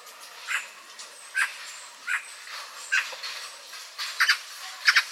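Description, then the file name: Eurasian magpie uttering scratchy, grating calls at uneven intervals, some doubled near the end, over a light hiss of background noise. "Pica pica"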